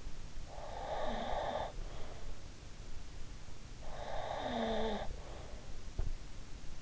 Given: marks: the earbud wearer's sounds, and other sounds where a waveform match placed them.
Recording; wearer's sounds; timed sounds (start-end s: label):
sounds in sleep by an in-ear microphone; breath, snoring breath
0.45-2.30 s: breath
3.76-5.73 s: snoring breath
5.92-6.17 s: sound from someone else or the room